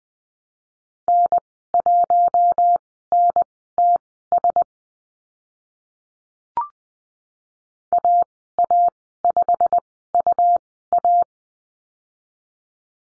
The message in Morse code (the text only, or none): N1NTS AA5UA